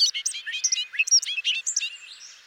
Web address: songs Bobolink